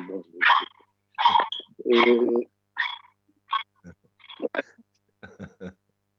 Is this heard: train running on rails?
no